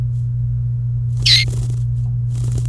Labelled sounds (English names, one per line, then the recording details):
Domestic Canary song
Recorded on 28 April 2018 at 12:20
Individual llb3